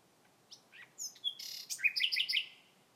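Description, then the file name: Common nightingale song: scattered high whistles, a harsh rasping segment, then a rapid run of clear repeated notes. "Nachtigall Gesang"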